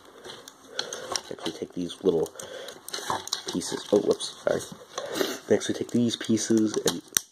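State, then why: Not seated. Small plastic arm pieces are handled and brought down toward the arms of a transforming plastic robot toy, a Transformers Combiner Wars Onslaught, while someone talks. Light taps and plastic handling sounds are heard, but nothing has seated or clicked into place yet.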